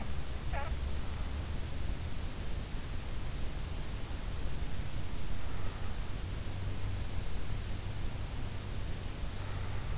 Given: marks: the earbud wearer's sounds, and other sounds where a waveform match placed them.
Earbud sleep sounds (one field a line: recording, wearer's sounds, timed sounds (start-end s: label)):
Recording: sounds in sleep by an in-ear microphone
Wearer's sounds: snoring breath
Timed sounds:
0.00-1.21 s: snoring breath